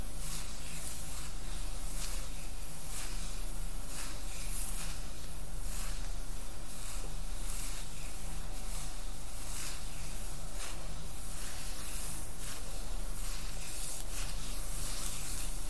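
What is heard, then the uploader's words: Hair is brushed in quick, bristly strokes that repeat roughly every second, over a steady low hum that stays constant throughout. ASMR Relaxing Hair Play & Brushing.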